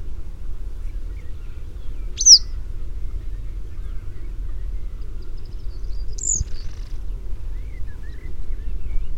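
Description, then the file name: Yellow wagtail calling: a loud high slurred note, then a fainter similar call four seconds later, with low rumbling noise throughout. British subspecies. "Engelse Gele Kwikstaart"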